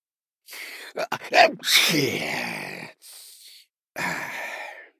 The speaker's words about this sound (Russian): Плотник громко чихнул и сел на кровати.